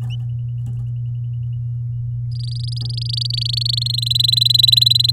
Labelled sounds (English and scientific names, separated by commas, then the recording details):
Domestic Canary (Serinus canaria) song
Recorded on 10 May 2018 at 12:59
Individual llb16